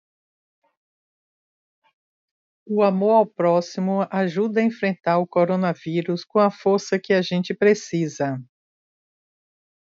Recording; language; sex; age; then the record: spoken sentence; Brazilian Portuguese; female; 50 to 59 years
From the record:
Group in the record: control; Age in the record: 57 years